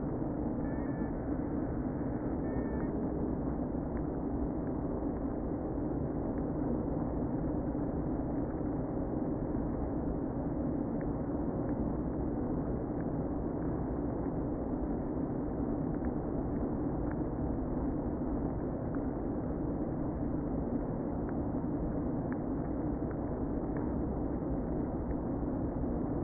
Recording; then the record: honeybee colony, microphone inside the hive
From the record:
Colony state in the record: queen present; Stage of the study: before two queens were removed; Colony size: about 60,000 bees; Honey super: yes